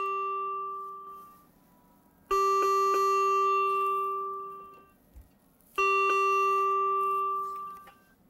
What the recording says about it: The last portion of our ventilator safety assessment is to assess the function of the internal batteries, if applicable. We must unplug the ventilator from the wall and assess that the ventilator alarms and tells us battery operation has taken over.